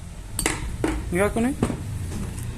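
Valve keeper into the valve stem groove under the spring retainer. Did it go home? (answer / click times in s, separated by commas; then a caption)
yes / 0.4 s. A valve spring is pressed down by hand on a cylinder head and the steel valve keeper (collet) is pushed into its groove on the valve stem under the spring retainer. A sharp metallic tick at 0.4 s marks the keeper dropping into place, and then someone talks. The keeper is seated.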